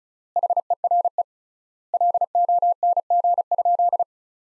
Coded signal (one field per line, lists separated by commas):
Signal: Morse code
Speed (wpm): 36 wpm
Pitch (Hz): 700 Hz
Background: none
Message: HERE LONG?